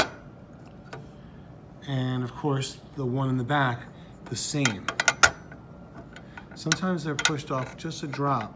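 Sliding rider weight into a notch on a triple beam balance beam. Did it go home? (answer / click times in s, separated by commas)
yes / 0.9 s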